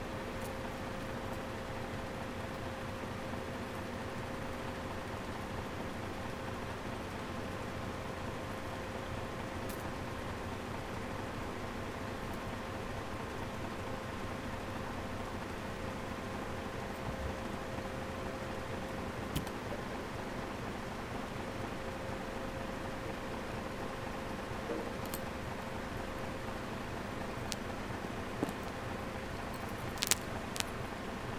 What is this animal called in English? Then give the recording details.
Atlantic Cod. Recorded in the wild. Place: Austnesfjorden, Lofoten, Nordland, NO. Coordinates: 68.309, 14.722. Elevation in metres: 0. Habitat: sea. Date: 2015-03-11. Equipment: Edirol R44, Sensor Technology SQ26. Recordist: Frommolt, Karl-Heinz